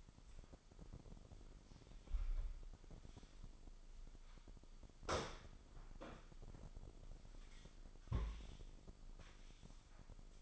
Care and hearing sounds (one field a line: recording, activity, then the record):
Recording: daily activity, microphone in the room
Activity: sweep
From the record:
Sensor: 5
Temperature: 24.6 degrees Celsius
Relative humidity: 32.2%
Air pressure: 996.1 hPa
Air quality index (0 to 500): 100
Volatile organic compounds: 6 ppm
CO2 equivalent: 1921 ppm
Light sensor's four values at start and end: 45/109/45/48 and 44/106/43/46